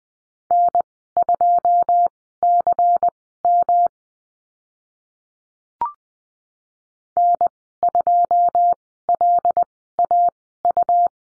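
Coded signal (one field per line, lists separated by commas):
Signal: Morse code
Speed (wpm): 20 wpm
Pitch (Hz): 700 Hz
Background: none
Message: N2CM N2LAU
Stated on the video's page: Morse course lesson on letter M and call signs at Farnsworth speed 20/10 wpm.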